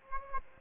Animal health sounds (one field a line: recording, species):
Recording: mosquito wingbeat signal from an infrared sensor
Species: Aedes aegypti